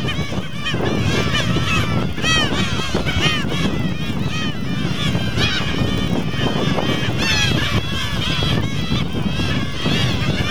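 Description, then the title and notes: Gulls in a busy colony giving many overlapping harsh, laughing calls, with a low rumble throughout. Breeding colony of a highly threatened gull species, Isla de la Cangrejera provincial reserve, Bahía Blanca estuary, Argentina, September 2014, 17:44. "Colonia reproductiva de gaviotas cangrejeras (Larus atlanticus), una de las cinco especies de gaviotas más amenazadas del mundo. Reserva Provincial Isla de la Cangrejera. Isla del Puerto. Estuario de Bahía Blanca. /9/2014-17:44hs"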